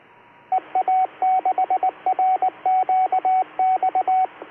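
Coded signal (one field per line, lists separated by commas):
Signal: Morse code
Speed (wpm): 19 wpm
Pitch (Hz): 750 Hz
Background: radio noise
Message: EA6RQX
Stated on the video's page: Local 2 m traffic including FM simplex and SSB, plus AllStarLink node.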